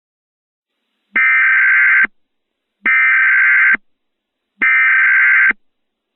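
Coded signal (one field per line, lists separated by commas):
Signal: Emergency Alert System (SAME) tones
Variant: header bursts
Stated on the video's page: Mock EAS scenario using valid EAS tones, a Halloween fictional scenario with music.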